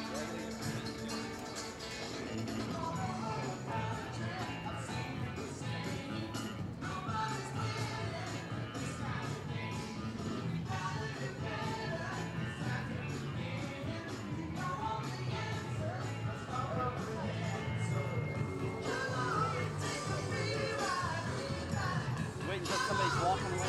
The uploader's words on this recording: A Day at Universal Studios Florida. Audio from the Universal Studios Florida theme park. Walk the park as we journey from attraction to attraction.